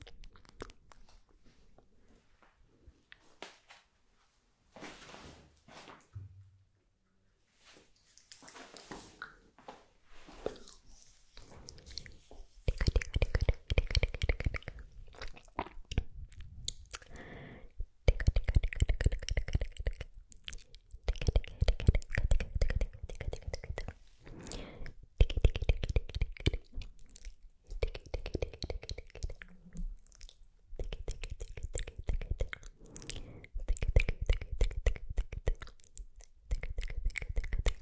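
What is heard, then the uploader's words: Mouth sounds made while applying lip gloss: wet clicks, smacks and soft sticky taps in dense, uneven bursts. The first ten seconds are sparse and quiet, then the sounds grow louder and busier, with brief pauses near 18 and 30 seconds. MOUTH SOUNDS, LIPGLOSS APPLICATION (sksk, tktk, ticotico, zaczac) ASMR.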